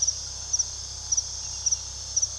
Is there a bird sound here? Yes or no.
no